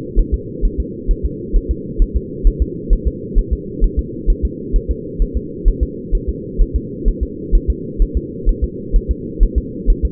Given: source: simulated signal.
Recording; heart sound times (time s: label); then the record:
fetal heart sounds
0.19 s: S1
0.34 s: S2
0.65 s: S1
0.80 s: S2
1.11 s: S1
1.25 s: S2
1.56 s: S1
1.71 s: S2
2.02 s: S1
2.16 s: S2
2.47 s: S1
2.62 s: S2
2.93 s: S1
3.07 s: S2
3.38 s: S1
3.53 s: S2
3.84 s: S1
3.99 s: S2
4.30 s: S1
4.45 s: S2
4.76 s: S1
4.91 s: S2
5.22 s: S1
5.37 s: S2
5.68 s: S1
5.83 s: S2
6.15 s: S1
6.29 s: S2
6.61 s: S1
6.76 s: S2
7.08 s: S1
7.23 s: S2
7.55 s: S1
7.70 s: S2
8.02 s: S1
8.17 s: S2
8.49 s: S1
8.64 s: S2
8.96 s: S1
9.11 s: S2
9.43 s: S1
9.58 s: S2
9.90 s: S1
10.05 s: S2
From the record:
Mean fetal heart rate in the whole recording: 130 bpm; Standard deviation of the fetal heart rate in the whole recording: 2 bpm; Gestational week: 38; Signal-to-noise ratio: -4.1 dB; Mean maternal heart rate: no maternal heart sound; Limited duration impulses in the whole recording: absent